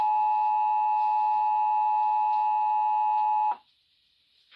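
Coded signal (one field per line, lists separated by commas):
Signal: Emergency Alert System (SAME) tones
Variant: 853 and 960 Hz attention tone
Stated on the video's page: Compilation of real EAS alerts: a 2019 Required Monthly Test on DirecTV, and Child Abduction Emergency alerts in 2020 and 2021, one relayed from IPAWS CAP.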